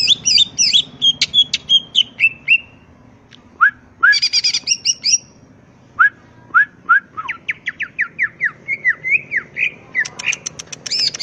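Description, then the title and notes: Leafbird song: varied phrases of looping whistles, short upslurred notes and chattering trills, with scattered clicks between them. Vigorously singing (gacor), melodious leafbird (cucak ijo) in ngentrok style with crest raised (jambul nembak); recording intended as a master track for training other cucak ijo. "Cucak Ijo Gacor Ngentrok Jambul Nembak. suara burung cucak ijo gacor, merdu cocok buat masteran burung cucak ijo"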